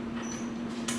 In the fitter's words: and that'll click into place also